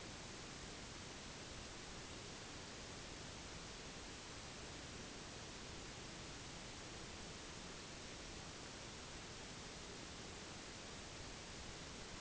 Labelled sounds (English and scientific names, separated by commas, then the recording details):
none
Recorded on Arctic tundra, site NAIT-1, on 1 July 2019
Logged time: 08:00